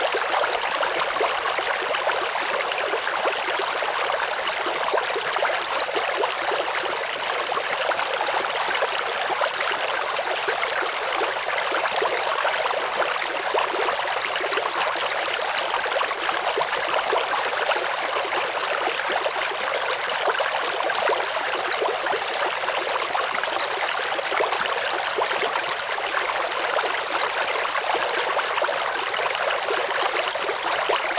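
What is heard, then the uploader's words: A brook flows steadily and evenly for the whole stretch, a dense, unbroken rush of water without pauses or swells. The sound is bright and hissing, with little low rumble. Smooth Flowing Brook Ambience.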